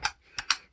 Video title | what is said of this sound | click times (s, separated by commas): 300 Holes With the DEWALT DCH133 Cordless 20v MAX Brushless RotoHammer (Review) Time for FLEXVOLT? | just stick it in and it'll click right in place and that works really well | 0.4 s, 0.5 s